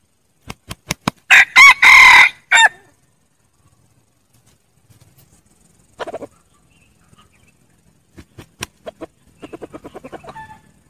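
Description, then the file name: Red junglefowl crow after a burst of sharp claps: two quick notes and a long grating note, then scattered clucks and a rapid clucking series near the end. Wild rooster crowing to call hens. "tieng ga trong rung gay goi ga"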